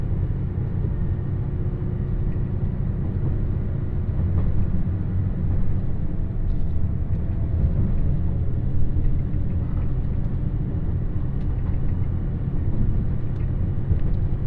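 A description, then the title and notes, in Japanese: Aboard the Nanpu limited express on the Dosan Line, a steady, dense low rumble rolls on, with faint clicks and a slight swell midway. 土讃線特急南風26号 阿波池田→多度津。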